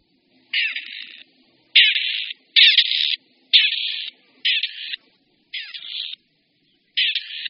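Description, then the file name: Grey partridge giving seven short, harsh grating rasps in a steady series. "Koroptev-polní"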